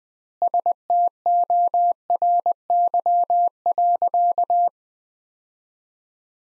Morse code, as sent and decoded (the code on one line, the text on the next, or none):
... - --- .-. -.-- .-.-.-
STORY.